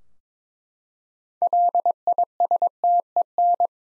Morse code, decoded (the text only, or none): LISTEN